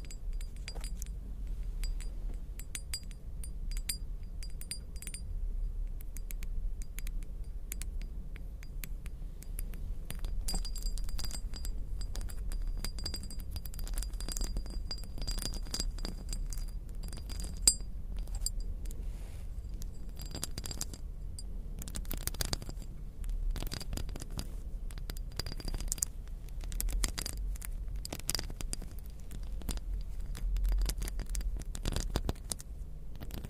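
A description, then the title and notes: Small crystals, beads and jewels are tapped and scratched together in a steady stream of bright clinks and ticks, denser and sharper from about ten seconds onward. A low, constant rumble sits underneath throughout, with faint high ringing tones near the start. Diamonds Sounds (Crystals, Beads, Ice, jewels, tapping, scratching).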